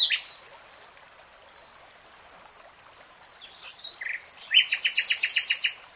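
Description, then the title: Nightingale song: a few thin whistles, then a loud rapid series of identical chopped notes, over a steady background hiss. Singing; from a 3-hour real-time recording. "[Tiếng chim hót] 3 Hours REALTIME Nightingale Singing"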